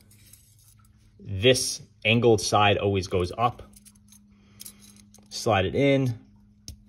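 A new snap-off steel blade is being slid into the plastic and metal slider carriage of an Ofla utility knife while someone talks, with faint taps and scrapes of handling between the words. The blade has not clicked or locked into place yet.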